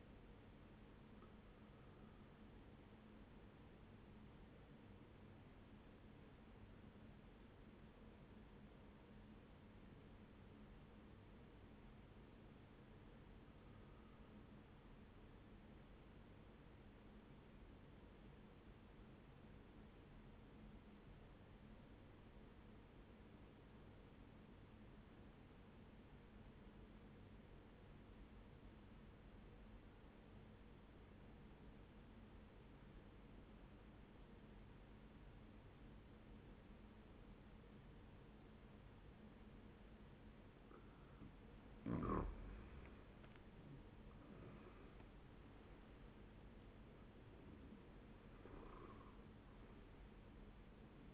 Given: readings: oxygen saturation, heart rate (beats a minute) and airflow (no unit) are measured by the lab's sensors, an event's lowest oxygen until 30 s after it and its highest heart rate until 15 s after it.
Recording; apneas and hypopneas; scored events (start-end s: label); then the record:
breathing in sleep by a voice recorder at the bedside; 1
5.00-41.10 s: obstructive apnea (N1, oxygen 98% highest, then 94% lowest, heart rate 65 at the start, 80 highest)
From the record:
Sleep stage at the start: N1 (lightest sleep); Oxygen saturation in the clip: 94 to 98%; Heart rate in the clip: 62 to 78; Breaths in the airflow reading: 4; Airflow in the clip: -11.6 to 10.5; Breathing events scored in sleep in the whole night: 131 in 7.2 hours asleep